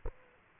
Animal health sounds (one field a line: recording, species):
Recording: mosquito wingbeat signal from an infrared sensor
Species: Aedes aegypti